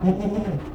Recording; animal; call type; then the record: contact call of a hoofed animal; goat; low-frequency (closed-mouth) or high-frequency (open-mouth) call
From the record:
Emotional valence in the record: negative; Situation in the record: food frustration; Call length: 0.75 s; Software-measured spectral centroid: 1130 Hz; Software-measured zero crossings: 710 a second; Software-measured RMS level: -23 dBFS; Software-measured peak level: -8 dBFS